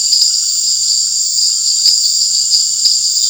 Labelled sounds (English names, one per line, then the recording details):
none
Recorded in dense forest near Puerto Asís, Putumayo, Colombia, on 8 March 2025 at 18:30
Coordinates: 0.484, -76.317
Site G064